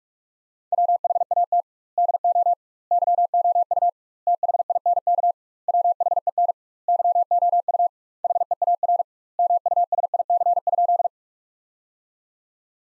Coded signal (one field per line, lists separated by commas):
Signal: Morse code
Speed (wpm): 42 wpm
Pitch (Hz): 700 Hz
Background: none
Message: WHAT DO YOU THINK WHEN YOU HEAR MUSIC?